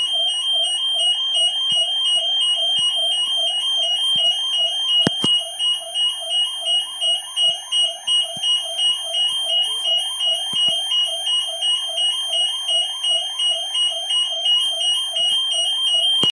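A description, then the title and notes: A malfunctioning alarm sounds continuously for the whole clip: a piercing high steady tone layered over a rapid warbling siren that wobbles up and down about twice a second. Scattered clicks and a sharp knock near five seconds break through, and the warble grows choppier toward the end. Fucked up alarm.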